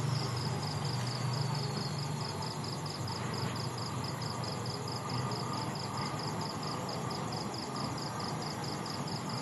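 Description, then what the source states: Cricket chirping in a steady high pulsed trill over a constant low machinery rumble. Night insects and crickets in Vietnam at night, with distant industrial construction noise.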